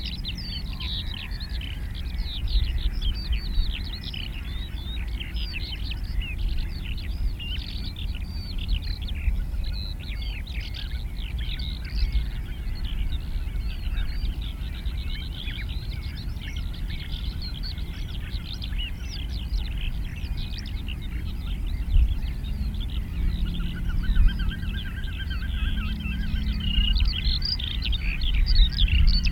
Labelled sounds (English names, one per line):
Ruff call